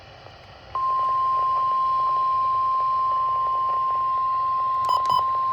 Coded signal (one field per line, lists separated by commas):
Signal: Emergency Alert System (SAME) tones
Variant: 1050 Hz attention tone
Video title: MOTHER NATURE IS UNDER PERFORMING - EAS Alerts from August 2025 (EAS #607 - 617)